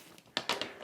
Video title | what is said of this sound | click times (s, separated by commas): Is this the BEST camping table for your next Adventure? | and it just clicks right in the little slots. | 0.4 s